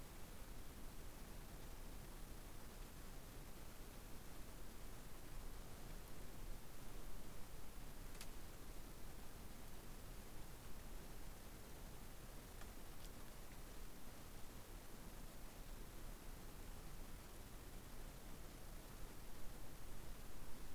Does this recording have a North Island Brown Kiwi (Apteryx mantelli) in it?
no